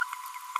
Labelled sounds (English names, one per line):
Green-rumped Parrotlet babbling